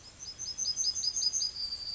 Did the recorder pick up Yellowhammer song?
yes